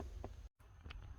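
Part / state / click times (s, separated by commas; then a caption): plastic control panel into car dashboard / seated / 0.2 s, 0.9 s. A plastic main control panel is pushed into the dashboard of a 2019 Infiniti QX60 during a UNAVI CarPlay installation, after its connector has been plugged in. Sharp plastic snaps are heard at 0.2 s and 0.9 s over a low rumble, with a brief dropout to silence around 0.5 s. The panel is seated in the dash, ready for its screws to go back in.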